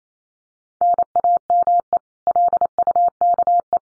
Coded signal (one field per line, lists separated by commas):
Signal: Morse code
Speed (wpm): 28 wpm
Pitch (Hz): 700 Hz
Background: none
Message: NAME LUKE